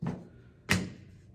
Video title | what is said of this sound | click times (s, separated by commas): CARBONIZED - OCTAGON PDR Tool Cart Assembly | so now you want to attach the the top pieces to the corners they're magnetized so they just snap into place and | 0.7 s